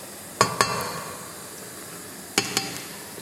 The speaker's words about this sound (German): Genau, der Sand kommt in den Einfülltrichter. Sand. Das Wasser Sand. Ist schon im Mischgefäß. Okay, hätte man sich denken können. Dann geben wir den Zement. Zement. Zum Wasser.